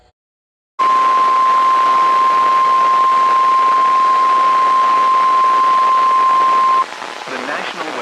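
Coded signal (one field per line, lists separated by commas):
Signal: Emergency Alert System (SAME) tones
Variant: 1050 Hz attention tone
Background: speech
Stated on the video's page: Severe storm and flash flood alerts from NOAA weather radio transmitters in Ohio, including a double header.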